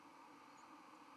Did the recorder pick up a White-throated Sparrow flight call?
no